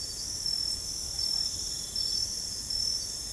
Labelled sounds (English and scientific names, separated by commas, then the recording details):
none
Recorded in secondary vegetation near Puerto Asís, Putumayo, Colombia, on 20 December 2024 at 23:00
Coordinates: 0.468, -76.324
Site G095